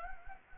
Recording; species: mosquito wingbeat signal from an infrared sensor; Anopheles gambiae